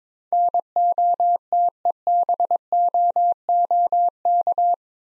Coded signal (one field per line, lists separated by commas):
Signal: Morse code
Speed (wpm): 23 wpm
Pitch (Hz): 700 Hz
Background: none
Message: NOTEBOOK